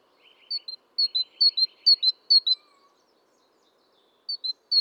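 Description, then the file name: Great tit song: several ringing two-note phrases with faint buzzy chatter underneath, a pause, then the phrase starts again. "Parus major"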